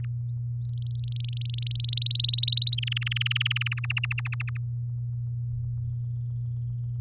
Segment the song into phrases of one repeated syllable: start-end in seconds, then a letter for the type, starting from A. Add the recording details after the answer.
0.61-1.96 A, 1.97-2.75 B, 2.78-3.74 C, 3.77-4.57 D. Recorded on 6 May 2018 at 17:41. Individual llb16